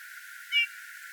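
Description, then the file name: Eurasian bullfinch giving a single short, soft piping note, slightly wavering, over faint steady background hiss. "Pyrrhula pyrrhula"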